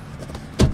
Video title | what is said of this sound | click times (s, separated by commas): 👉 2015 CHEVROLET TAHOE 4WD LT | Snaps in place and you're good to go. | 0.3 s, 0.6 s